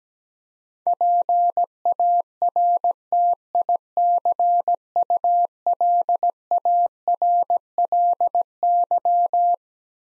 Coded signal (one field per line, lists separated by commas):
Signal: Morse code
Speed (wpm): 17 wpm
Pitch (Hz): 700 Hz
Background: none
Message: PARTICULARLY